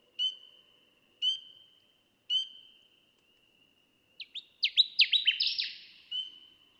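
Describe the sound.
Connecticut warbler song: three clear single whistled notes about a second apart, then a loud rapid burst of chirpy, descending notes lasting around two seconds.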